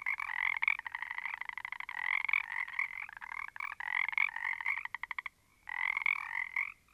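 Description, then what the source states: Several frogs croak almost continuously in a dense, rattling chorus of pulsed notes, with a short pause near the end before calling resumes. Small group of frogs.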